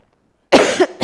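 After half a second of quiet, one sharp, harsh adult cough, with a second cough just beginning.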